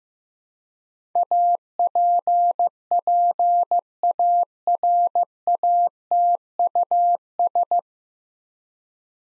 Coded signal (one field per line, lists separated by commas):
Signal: Morse code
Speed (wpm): 15 wpm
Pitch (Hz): 700 Hz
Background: none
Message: APPARATUS